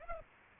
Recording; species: mosquito wingbeat signal from an infrared sensor; Aedes aegypti